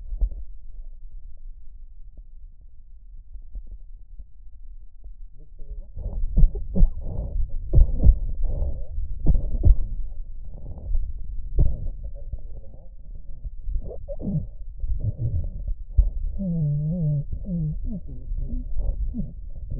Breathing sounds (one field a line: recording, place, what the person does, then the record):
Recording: lung sounds by stethoscope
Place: right posterior basal chest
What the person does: quiet breathing, then cough and speech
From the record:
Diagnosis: interstitial lung disease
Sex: male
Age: 82 years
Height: 158 cm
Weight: 49 kg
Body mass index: 19.6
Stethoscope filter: extended mode